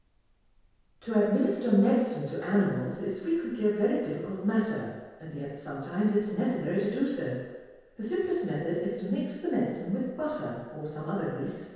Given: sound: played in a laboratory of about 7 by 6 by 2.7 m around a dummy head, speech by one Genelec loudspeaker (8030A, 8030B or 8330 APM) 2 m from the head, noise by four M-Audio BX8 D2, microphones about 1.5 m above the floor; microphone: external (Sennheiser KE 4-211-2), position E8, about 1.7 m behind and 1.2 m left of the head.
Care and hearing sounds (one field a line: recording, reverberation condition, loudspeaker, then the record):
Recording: female speech in English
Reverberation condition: high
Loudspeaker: 120 degrees to the right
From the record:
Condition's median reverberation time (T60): about 1300 ms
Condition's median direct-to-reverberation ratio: about -4.0 dB